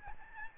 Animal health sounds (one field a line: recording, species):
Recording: mosquito wingbeat signal from an infrared sensor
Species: Aedes albopictus